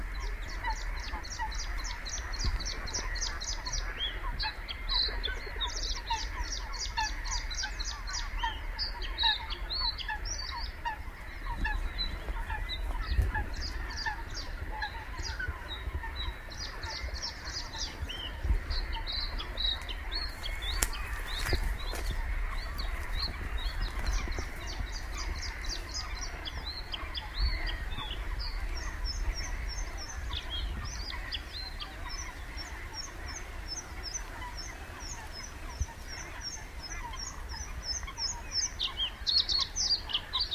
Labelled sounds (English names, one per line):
Bluethroat song